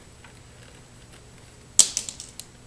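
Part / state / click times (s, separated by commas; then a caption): accessory outlet wiring plug into motorcycle sub harness connector / seated / 2.0 s. A 12V accessory outlet wiring plug is pushed into the sub harness connector on an NC700X motorcycle. After a quiet stretch, a burst of sharp plastic clicks comes at about 1.8 s, and the plug snaps and seats at 2.0 s, followed by a few smaller clicks. It is confirmed seated.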